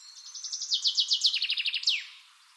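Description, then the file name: Common chaffinch song phrase of clear, rhythmic descending notes that speed into a lower trill and finish with an emphatic falling flourish, then fade to near silence. "Fringilla coelebs"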